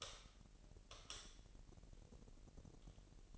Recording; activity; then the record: daily activity, microphone in the room; light on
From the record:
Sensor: 4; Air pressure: 1002.8 hPa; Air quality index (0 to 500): 249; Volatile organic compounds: 13 ppm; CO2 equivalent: 2418 ppm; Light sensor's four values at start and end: 6/14/6/6 and 7/16/6/7